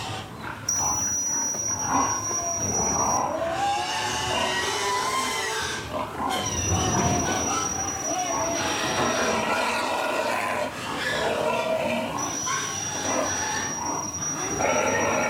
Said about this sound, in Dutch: Best wel angstaanjagend, hoor, dit. Allemaal varkens, hele grote. Ik bedoel, je moet er niet bij in bed liggen.